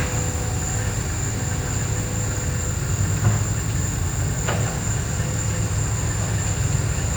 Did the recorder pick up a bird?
no